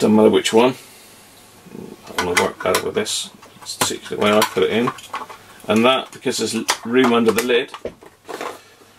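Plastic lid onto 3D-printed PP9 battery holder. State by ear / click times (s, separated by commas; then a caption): not seated / none. A battery and cable are fitted into a 3D-printed PP9 battery holder, and its plastic lid is handled, ready to be pressed back on so it snaps in. Someone talks throughout, with light handling and clatter between the words. Nothing has seated or clicked yet.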